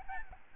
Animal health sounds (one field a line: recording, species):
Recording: mosquito wingbeat signal from an infrared sensor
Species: Aedes albopictus